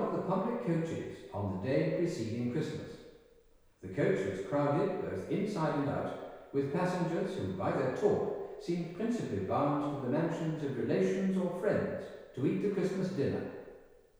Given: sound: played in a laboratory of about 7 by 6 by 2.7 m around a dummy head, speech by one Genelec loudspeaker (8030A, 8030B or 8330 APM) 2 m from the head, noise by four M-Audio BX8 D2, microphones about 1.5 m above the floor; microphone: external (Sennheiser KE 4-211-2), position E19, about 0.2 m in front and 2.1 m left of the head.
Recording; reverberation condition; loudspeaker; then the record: male speech in English; high; 150 degrees to the left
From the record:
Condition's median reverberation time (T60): about 1300 ms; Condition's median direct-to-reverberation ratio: about -4.0 dB